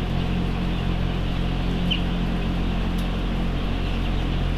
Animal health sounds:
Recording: poultry house recording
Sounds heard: healthy chickens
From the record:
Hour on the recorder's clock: 7

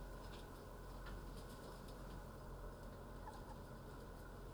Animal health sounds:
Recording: poultry house recording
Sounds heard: healthy chickens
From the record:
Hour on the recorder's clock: 9

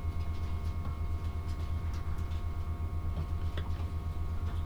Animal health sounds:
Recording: poultry house recording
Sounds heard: no chicken sound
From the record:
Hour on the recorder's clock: 14

